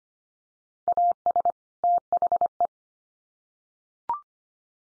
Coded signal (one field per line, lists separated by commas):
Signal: Morse code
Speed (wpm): 25 wpm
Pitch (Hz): 700 Hz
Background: none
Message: AS THE